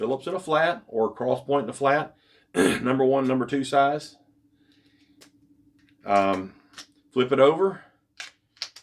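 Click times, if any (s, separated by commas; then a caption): none. Someone talks while handling the reversible double-ended bit insert of a multi-bit screwdriver, flipping it over to push it back into the driver's shaft. A few faint ticks follow the speech, then sharper handling taps near the end. Nothing has seated or clicked yet.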